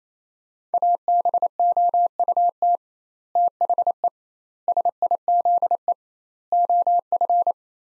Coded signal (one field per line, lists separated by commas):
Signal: Morse code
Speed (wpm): 28 wpm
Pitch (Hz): 700 Hz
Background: none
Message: ABOUT THE SIZE OF